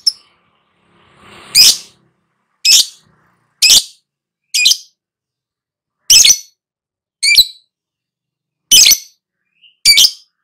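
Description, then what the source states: Lovebird giving loud, harsh shrieks at irregular intervals, with a faint rustle near the start. Prompting track (pancingan) meant to get a lovebird to respond and sing vigorously (gacor).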